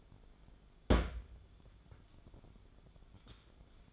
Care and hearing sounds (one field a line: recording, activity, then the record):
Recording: daily activity, microphone in the room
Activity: place on stove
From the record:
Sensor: 5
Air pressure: 1010.4 hPa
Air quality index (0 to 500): 111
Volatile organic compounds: 2 ppm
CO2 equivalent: 1095 ppm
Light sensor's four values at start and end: 543/1385/574/656 and 546/1396/577/660